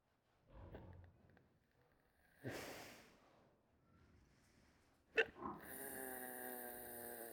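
A pregnant pig snores with a low rumbling intake, a breathy exhale, a snort, then a drawn-out tonal grunt.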